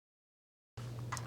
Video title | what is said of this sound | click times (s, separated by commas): Kirby Vacuum With No Power How To Fix Switch | Alright, that clicked into place. | 1.1 s, 1.2 s